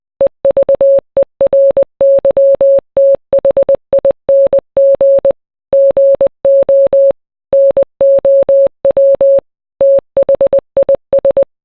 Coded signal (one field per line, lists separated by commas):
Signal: Morse code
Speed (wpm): 20 wpm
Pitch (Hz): 550 Hz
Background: none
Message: EVERYTHING GO NOW THIS